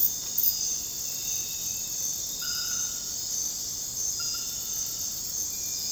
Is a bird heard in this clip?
no